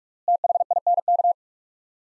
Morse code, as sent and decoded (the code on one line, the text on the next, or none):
- .... .. -. -.-
THINK